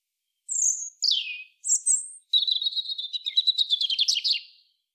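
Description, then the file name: European robin song with high thin whistles and descending slurs, then a rapid tinkling, rattling trill of fast repeated notes lasting over two seconds. "Erithacus rubecula"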